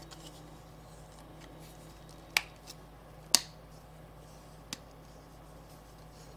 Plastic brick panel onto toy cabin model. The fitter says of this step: OKAY. IT JUST SNAPS RIGHT IN THERE.